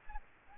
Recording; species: mosquito wingbeat signal from an infrared sensor; Aedes albopictus